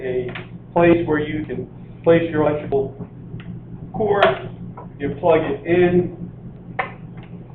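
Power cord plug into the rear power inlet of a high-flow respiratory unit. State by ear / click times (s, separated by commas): seated / 6.8 s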